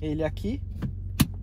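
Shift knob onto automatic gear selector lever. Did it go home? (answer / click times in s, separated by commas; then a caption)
yes / 1.2 s. On a 2016 Audi A3 TFSI with S-tronic, the shift knob is pushed down onto the automatic gear selector lever until it locks, while someone talks over a steady low hum. A faint tap sounds at 0.8 s, then a sharp, loud click at 1.2 s as the knob seats on the lever.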